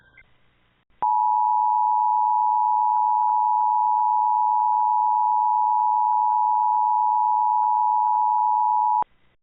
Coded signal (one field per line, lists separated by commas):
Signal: Emergency Alert System (SAME) tones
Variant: 853 and 960 Hz attention tone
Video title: EAS Scenario: Mobius City Airport Hostage